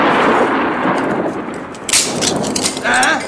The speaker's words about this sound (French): Mon beau vase de Chine. Ça alors? Mais comment diable a-t-il pu se briser? Car enfin, ce n'est pas la foudre.